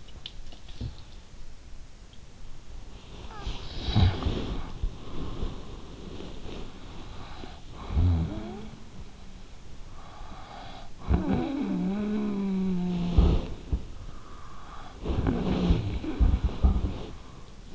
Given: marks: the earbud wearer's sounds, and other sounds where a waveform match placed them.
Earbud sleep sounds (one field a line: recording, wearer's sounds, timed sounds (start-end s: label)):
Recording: sounds in sleep by an in-ear microphone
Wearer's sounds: snoring breath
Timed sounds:
2.87-17.72 s: snoring breath